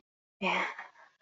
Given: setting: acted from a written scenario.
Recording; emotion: vocal sound without words; desire